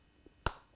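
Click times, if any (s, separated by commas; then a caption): 0.5 s. A plastic motor/bogie assembly of a model railway locomotive, lined up by its small and large lugs, is pushed with a little effort into the bogie frame. A single sharp, bright snap at 0.5 s shows it clicking into place, after a faint soft tap just before. There is no talk in the clip.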